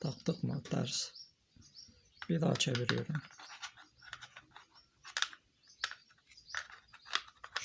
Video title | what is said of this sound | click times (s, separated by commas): arcelik-beko-altus 3 yollu vana sizdirmazlik contası demontaji nasıl yapılır | şöyle oturmuyor tarzı bir daha denk getiriyorum Ha şu şekilde tamamdır | none